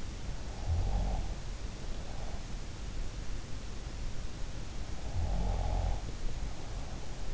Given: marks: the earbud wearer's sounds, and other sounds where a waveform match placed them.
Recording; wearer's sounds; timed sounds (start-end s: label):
sounds in sleep by an in-ear microphone; snoring breath
0.38-2.62 s: snoring breath
5.15-7.34 s: snoring breath